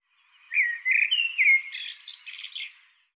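Bird song: a single phrase of clear sliding whistles that turns into fast buzzy, rattling notes.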